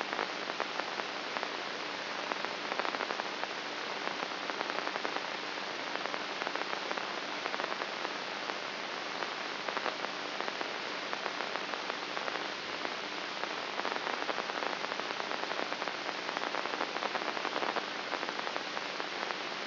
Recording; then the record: brain microelectrode recording played as sound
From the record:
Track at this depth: outside the subthalamic nucleus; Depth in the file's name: 6.64 mm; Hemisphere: right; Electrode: 3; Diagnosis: Parkinson's disease